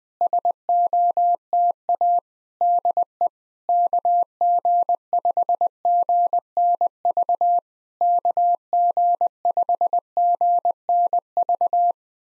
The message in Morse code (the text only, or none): SOTA DE KG5GNV KG5GNV